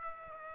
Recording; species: mosquito wingbeat signal from an infrared sensor; Aedes aegypti